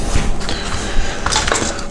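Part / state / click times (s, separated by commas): plastic housing clip of a car instrument cluster / seated / 1.3 s, 1.5 s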